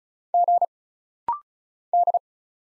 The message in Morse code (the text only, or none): G D